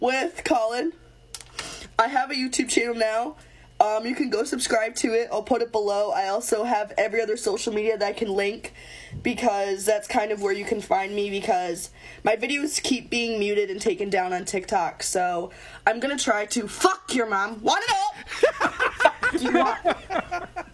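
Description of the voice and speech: A young woman with Tourette syndrome speaks fluently and conversationally, then her sentence is suddenly cut by an out-of-context obscene outburst: 'fuck your mom… fuck you up.' The abrupt, unintended swearing is a vocal tic with coprolalia, typical of Tourette syndrome.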